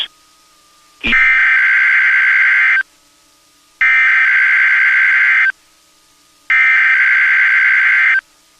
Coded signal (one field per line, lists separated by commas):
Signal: Emergency Alert System (SAME) tones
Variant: header bursts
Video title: Combining Hobbies... | WXK67 RWT, Radio Setup and Room Tour | EAS 471